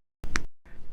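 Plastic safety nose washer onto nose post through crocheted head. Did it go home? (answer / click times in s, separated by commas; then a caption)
yes / 0.4 s. A plastic cup-shaped washer is pushed with a little pressure over the post of a plastic safety nose set in a crocheted amigurumi head. A soft scuffing handling noise begins at about 0.2 s, then a sharp snap at 0.4 s shows the washer seating onto the nose post, followed by quieter rustling.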